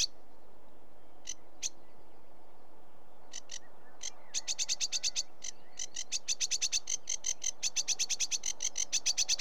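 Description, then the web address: Sedge warbler song starting with scattered single ticks, then building into fast runs of sharp chattering notes that carry on almost without a break. "BBC Sound Effects Library BBC - Birds Sedge Warbler"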